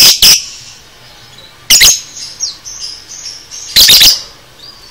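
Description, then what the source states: Lovebird calling: loud, harsh, shrill bursts in three clusters separated by pauses, with faint thin squeaks between them. Cage-bird training recording (masteran) of 'paud' lovebird song.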